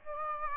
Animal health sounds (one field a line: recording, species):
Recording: mosquito wingbeat signal from an infrared sensor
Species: Aedes aegypti